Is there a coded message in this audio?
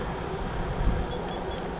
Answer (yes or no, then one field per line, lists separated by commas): no